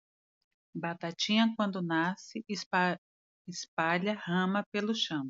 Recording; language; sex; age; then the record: short text; Brazilian Portuguese; female; 50 to 59 years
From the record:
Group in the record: control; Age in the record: 51 years